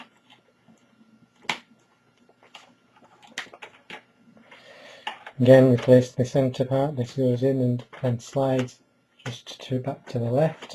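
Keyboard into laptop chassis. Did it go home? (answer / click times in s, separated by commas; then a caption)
yes / 1.5 s. A laptop keyboard is refitted into a Travelmate 201T laptop chassis, its tabs tucked under the plastic palmrest, then pressed at the top edge. A sharp click at 1.5 s marks the keyboard seating into place, followed by a few quieter taps and handling sounds. Someone then talks.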